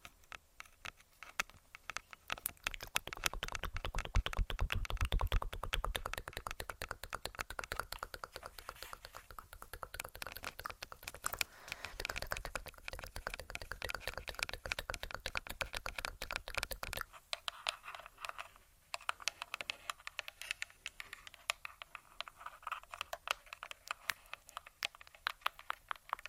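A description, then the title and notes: Long fingernails tap and click rapidly on a recorder, making dense, crisp ticking that runs almost without pause. Whispered tk-tk mouth sounds weave through it. After about 17 seconds the low thump drops away and the tapping turns lighter and more scattered. Tingly TkTk & Tapping On Tascam (Long Nails).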